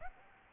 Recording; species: mosquito wingbeat signal from an infrared sensor; Aedes aegypti